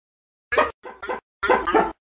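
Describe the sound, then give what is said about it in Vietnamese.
A small Japanese Akita dog in a courtyard gives a quick series of yappy, high-pitched barks, three short bursts with brief pauses, the last one doubled, with nothing else audible. “Trong sân phản phất vọng lại tiếng chuối chó nhỏ.”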